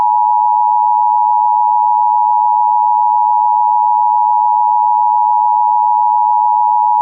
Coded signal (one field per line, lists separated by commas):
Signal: Emergency Alert System (SAME) tones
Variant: 853 and 960 Hz attention tone